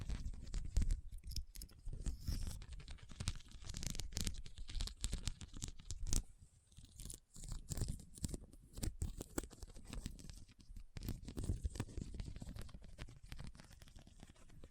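Rhinestones are tapped and scratched in a dense, busy stream of small clicks and scrapes that runs throughout. Sharp taps come several times a second, with rougher scratching passages mixed in and a low rumbling underneath, briefly thinning around seven seconds.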